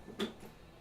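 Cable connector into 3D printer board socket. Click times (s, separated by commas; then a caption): 0.2 s. A small wiring cable connector is pushed into its socket on a Creality K2 Plus 3D printer board during setup. A single sharp, short click sounds at 0.2 s against a quiet background, and the connector is seated.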